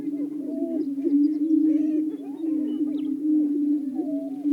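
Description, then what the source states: Greater prairie-chicken chorus of low, sustained booming with looping whoops and a few higher cackling notes scattered through. Several greater prairie-chickens calling.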